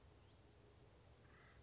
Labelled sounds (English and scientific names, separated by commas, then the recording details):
Acorn Woodpecker (Melanerpes formicivorus)
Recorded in Sonoma County, California